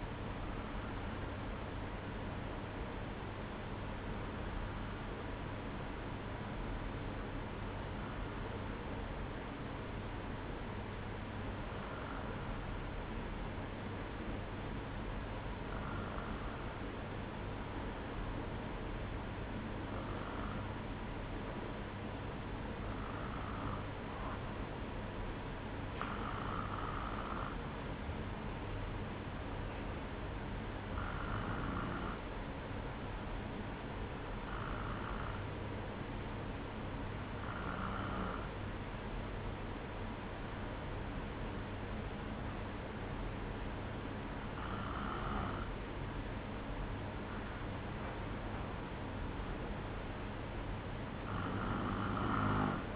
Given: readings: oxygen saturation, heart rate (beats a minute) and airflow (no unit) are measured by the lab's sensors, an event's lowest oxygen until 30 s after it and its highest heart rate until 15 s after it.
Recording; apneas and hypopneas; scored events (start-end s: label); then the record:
breathing in sleep by a voice recorder at the bedside; 1
8.00-45.40 s: hypopnea (N1, oxygen 94% highest, then 92% lowest, heart rate 59 at the start, 60 highest)
19.00-52.95 s: new sleep stage, N2 (light sleep)
From the record:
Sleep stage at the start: N1 (lightest sleep); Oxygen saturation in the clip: 92 to 94%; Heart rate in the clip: 57 to 60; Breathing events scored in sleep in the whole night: 305 in 9.6 hours asleep